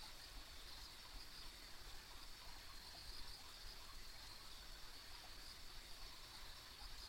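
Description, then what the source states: Insects trilling together in an unbroken high-pitched hum that holds steady throughout, with low rumbling noise underneath. Ambient insect sounds on a country road.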